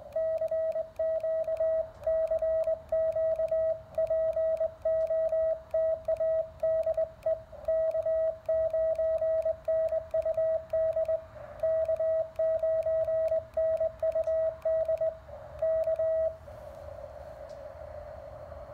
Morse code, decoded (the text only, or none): CQ CQ POTA DE K9NUD K9NUD K